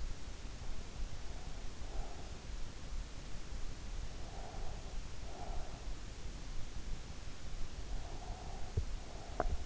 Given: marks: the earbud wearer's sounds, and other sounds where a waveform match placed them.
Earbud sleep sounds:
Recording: sounds in sleep by an in-ear microphone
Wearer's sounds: breath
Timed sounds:
1.15-2.54 s: breath
4.04-5.89 s: breath
7.94-9.66 s: breath

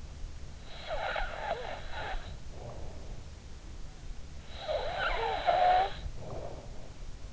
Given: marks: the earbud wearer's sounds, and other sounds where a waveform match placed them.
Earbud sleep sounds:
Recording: sounds in sleep by an in-ear microphone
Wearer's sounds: snoring breath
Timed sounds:
0.57-3.26 s: snoring breath
4.40-6.92 s: snoring breath

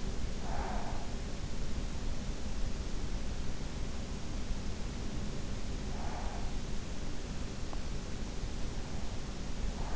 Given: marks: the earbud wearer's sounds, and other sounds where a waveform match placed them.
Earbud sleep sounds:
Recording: sounds in sleep by an in-ear microphone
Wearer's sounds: breath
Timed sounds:
0.00-1.86 s: breath

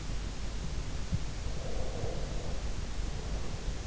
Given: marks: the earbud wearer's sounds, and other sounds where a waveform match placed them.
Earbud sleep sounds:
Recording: sounds in sleep by an in-ear microphone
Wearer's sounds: breath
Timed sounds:
1.58-3.82 s: breath

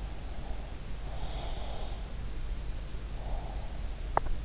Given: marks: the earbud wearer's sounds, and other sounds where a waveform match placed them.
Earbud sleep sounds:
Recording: sounds in sleep by an in-ear microphone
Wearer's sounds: breath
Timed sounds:
0.00-1.96 s: breath
3.13-3.84 s: breath

